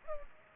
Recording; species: mosquito wingbeat signal from an infrared sensor; Culex pipiens